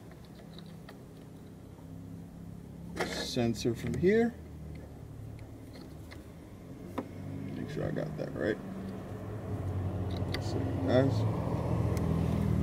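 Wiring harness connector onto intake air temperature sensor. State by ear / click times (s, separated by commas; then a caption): seated / 10.3 s. Someone talks while the plastic wiring-harness connector for a relocated intake air temperature sensor from a GEPTuned relocation kit on a Hyundai Genesis is pushed onto the sensor, with light handling noises and a steady low hum. A small sharp click at 10.3 s marks the connector locking into place, confirming it is seated.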